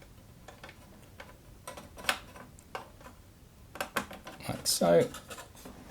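The internal power supply unit of an Xbox One S is handled and pushed toward its motherboard socket, with short handling taps and knocks around 1.7, 2.1, 2.8 and 4.0 seconds, a louder rustle near 5 seconds, and someone talking briefly. Nothing has seated or clicked yet.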